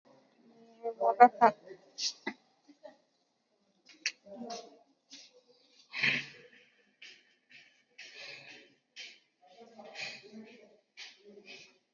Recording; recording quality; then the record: shallow breathing; poor, much background noise or distortion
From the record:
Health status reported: exposed to COVID-19, no respiratory illness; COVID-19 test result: negative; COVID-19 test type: RT-PCR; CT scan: not taken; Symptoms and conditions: cough, cold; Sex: female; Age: 35 years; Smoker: no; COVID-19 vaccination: both doses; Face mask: worn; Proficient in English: yes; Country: India